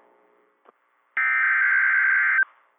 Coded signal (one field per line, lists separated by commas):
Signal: Emergency Alert System (SAME) tones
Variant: header bursts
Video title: IND's Mid-March SVR's - EAS Alerts from 3/22/26 (EAS #726 - #736)